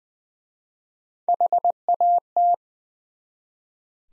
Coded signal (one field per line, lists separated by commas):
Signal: Morse code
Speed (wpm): 20 wpm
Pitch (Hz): 700 Hz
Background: none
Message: HAT